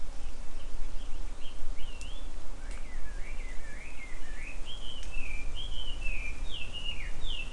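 Bird calls: a series of short whistled slurred notes, rising and falling, given repeatedly over several seconds above steady low rumbling background noise.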